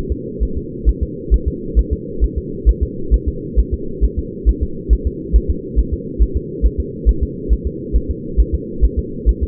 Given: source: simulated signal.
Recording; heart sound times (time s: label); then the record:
fetal heart sounds
0.12 s: S2
0.43 s: S1
0.57 s: S2
0.89 s: S1
1.03 s: S2
1.34 s: S1
1.48 s: S2
1.79 s: S1
1.93 s: S2
2.24 s: S1
2.38 s: S2
2.69 s: S1
2.83 s: S2
3.14 s: S1
3.28 s: S2
3.59 s: S1
3.74 s: S2
4.04 s: S1
4.19 s: S2
4.49 s: S1
4.63 s: S2
4.93 s: S1
5.07 s: S2
5.36 s: S1
5.50 s: S2
5.79 s: S1
5.94 s: S2
6.22 s: S1
6.37 s: S2
6.66 s: S1
6.80 s: S2
7.09 s: S1
7.23 s: S2
7.53 s: S1
7.67 s: S2
7.96 s: S1
8.10 s: S2
8.40 s: S1
8.54 s: S2
8.85 s: S1
8.99 s: S2
9.29 s: S1
9.43 s: S2
From the record:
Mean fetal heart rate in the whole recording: 135 bpm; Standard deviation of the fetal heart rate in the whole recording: 3 bpm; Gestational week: 34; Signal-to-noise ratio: -4.3 dB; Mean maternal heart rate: 72 bpm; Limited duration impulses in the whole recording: absent